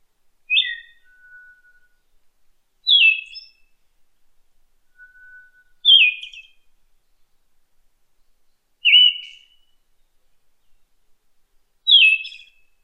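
Siberian thrush song: short, slurred whistled phrases dropping in pitch, given about every three seconds, with a faint thin, level whistle between some of them.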